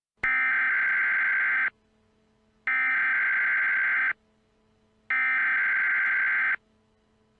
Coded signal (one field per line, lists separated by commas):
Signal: Emergency Alert System (SAME) tones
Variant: header bursts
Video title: EAS- Shelter In Place Warning for Chicago, Illinois